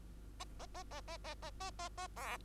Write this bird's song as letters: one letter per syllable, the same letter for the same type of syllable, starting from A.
A A A A A A A A A A B